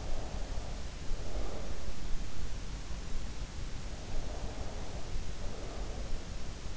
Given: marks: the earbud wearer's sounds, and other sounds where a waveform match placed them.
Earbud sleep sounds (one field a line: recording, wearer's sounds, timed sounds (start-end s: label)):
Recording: sounds in sleep by an in-ear microphone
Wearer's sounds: breath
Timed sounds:
0.00-2.01 s: breath
4.20-6.29 s: breath